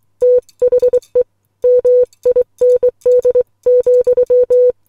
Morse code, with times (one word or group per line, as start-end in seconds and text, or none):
0.2-1.2 THE
1.6-4.7 MIND,